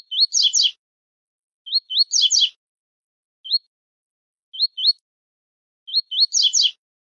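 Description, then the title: Double-collared seedeater song with quick rising whistled notes, singly or paired, alternating with harsh rattling bursts; no other sounds are heard. Tui-tui style song used as a tutor recording for teaching young birds. "COLEIRO TUI TUI FIBRA CANTO PROFESSOR"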